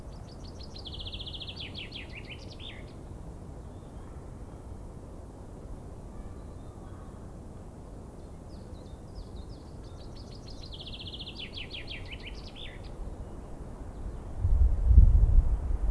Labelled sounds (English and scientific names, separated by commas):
Common Chaffinch (Fringilla coelebs) song